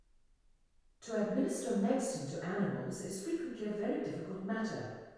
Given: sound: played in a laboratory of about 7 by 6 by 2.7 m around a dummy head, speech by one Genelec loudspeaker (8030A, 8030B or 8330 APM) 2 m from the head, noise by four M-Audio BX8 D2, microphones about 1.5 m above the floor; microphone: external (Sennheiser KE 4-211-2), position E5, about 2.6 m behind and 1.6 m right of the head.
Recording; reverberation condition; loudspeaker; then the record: female speech in English; high; 120 degrees to the left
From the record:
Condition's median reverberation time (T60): about 1300 ms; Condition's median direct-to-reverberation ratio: about -4.0 dB